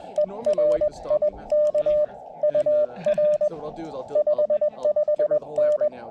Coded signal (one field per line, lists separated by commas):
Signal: Morse code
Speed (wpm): 21 wpm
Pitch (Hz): 590 Hz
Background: speech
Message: ERIK UR 55N